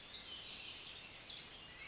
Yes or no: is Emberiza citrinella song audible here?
no